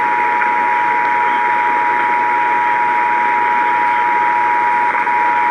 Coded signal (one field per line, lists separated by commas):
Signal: Emergency Alert System (SAME) tones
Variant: 853 and 960 Hz attention tone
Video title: EAS Event 8-1-17 NWR Alerts Compilation (EAS#108-125)